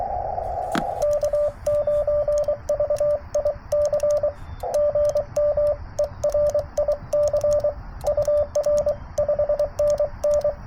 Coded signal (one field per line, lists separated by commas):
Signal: Morse code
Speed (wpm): 24 wpm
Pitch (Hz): 590 Hz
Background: radio noise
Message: K9VIC GM ERIC UR 5NN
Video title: 100w with good band conditions makes POTA a piece of cake!